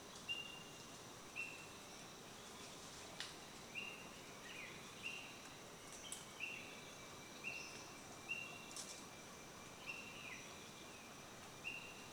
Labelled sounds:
Purple-headed Starling
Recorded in Kibale, Uganda

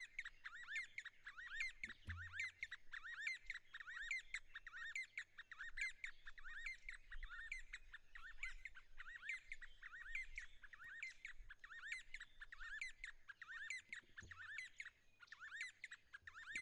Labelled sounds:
D'Arnaud's Barbet
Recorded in northern Uganda

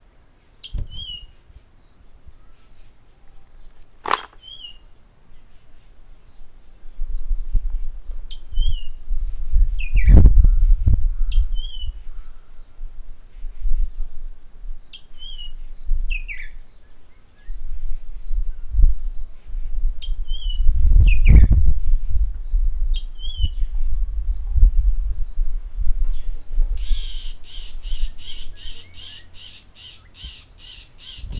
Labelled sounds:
Spotted Morning-Thrush
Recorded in northern Uganda

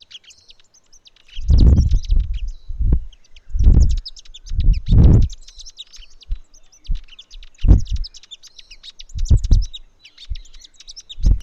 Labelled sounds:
Amethyst Sunbird
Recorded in northern Uganda

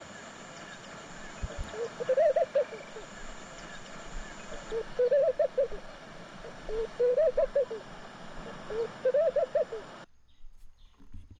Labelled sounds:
Laughing Dove
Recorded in northern Uganda

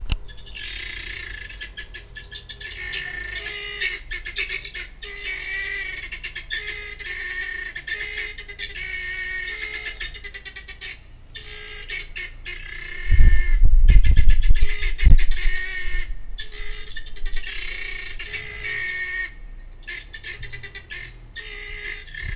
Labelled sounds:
Helmeted Guineafowl
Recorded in Lake Mburo, Uganda

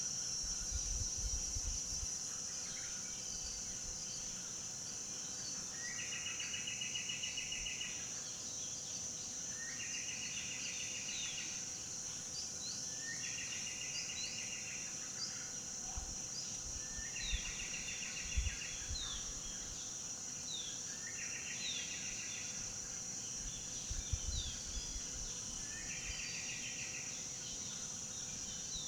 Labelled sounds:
Gray-capped Warbler
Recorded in Kibale, Uganda

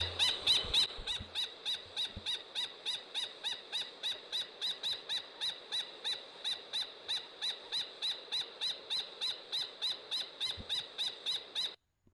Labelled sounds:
Wattled Lapwing
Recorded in northern Uganda

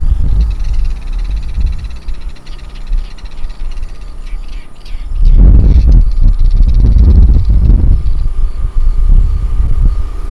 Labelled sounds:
White-billed Buffalo-weaver
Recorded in northern Uganda

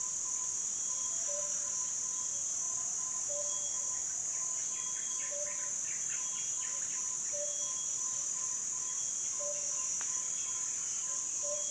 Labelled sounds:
Yellow-billed Barbet
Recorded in Kibale, Uganda

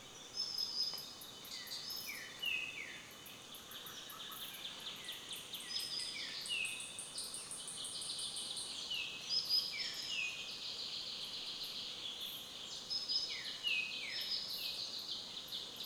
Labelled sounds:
Plain Greenbul
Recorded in Kibale, Uganda

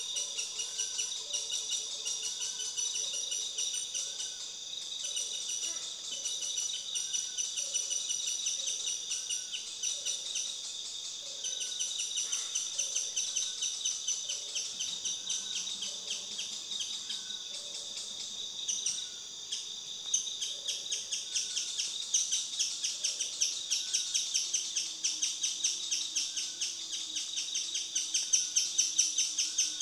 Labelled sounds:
African Gray Woodpecker
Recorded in Kibale, Uganda

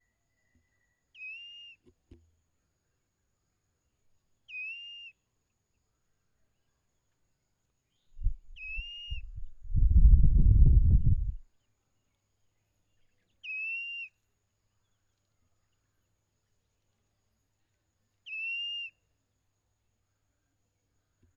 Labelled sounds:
Blue-naped Mousebird
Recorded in northern Uganda

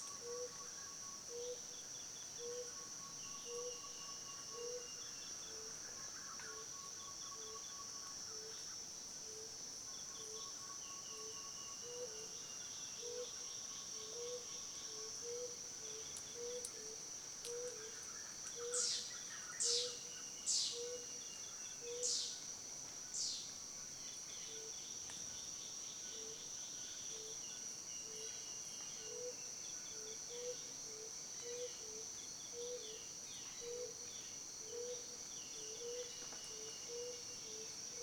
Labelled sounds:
Hairy-breasted Barbet
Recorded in Kibale, Uganda

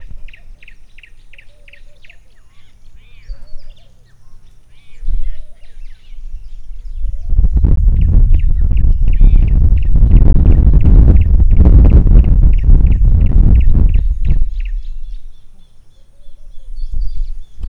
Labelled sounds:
Bronze Mannikin
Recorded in Lake Mburo, Uganda

